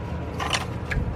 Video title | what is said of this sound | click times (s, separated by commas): Part 2: How To Replace BMW CCV | Once it's clicked back in, you can go ahead and put the fuel hose back through that bracket. | 0.6 s, 0.9 s